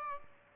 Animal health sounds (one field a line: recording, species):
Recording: mosquito wingbeat signal from an infrared sensor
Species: Aedes albopictus